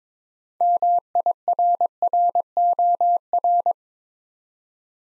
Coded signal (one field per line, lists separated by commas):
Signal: Morse code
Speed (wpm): 23 wpm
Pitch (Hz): 700 Hz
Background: none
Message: MIRROR